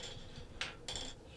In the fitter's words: it just snaps into place,